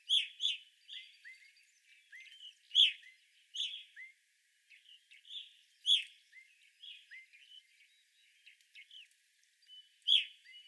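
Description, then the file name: Evening grosbeak calls, a flock giving short piercing chirps and softer rising notes in irregular bursts. Several evening grosbeaks, recorded 25 April 2021. "2021-04-25 Evening Grosbeaks"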